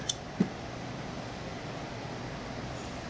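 A keyed twist-lock cable connector is handled at a system port, with its notches lined up before it is pushed in and turned to lock. A short sharp tick at 0.1 s and a lower knock near 0.4 s rise over a steady background hum. Nothing has seated or clicked yet.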